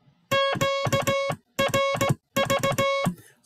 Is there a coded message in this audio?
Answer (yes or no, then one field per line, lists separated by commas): yes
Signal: Morse code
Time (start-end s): 0.3-3.0 s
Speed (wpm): 16 wpm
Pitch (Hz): 550 Hz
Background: music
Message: QRV